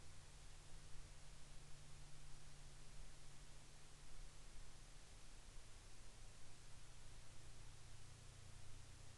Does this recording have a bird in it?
no